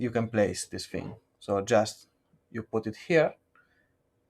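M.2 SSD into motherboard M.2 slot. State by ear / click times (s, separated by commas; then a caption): not seated / none. An M.2 NVMe SSD is handled and placed at the motherboard M.2 slot while someone talks. The clip ends before the drive goes home, so nothing has seated or clicked yet.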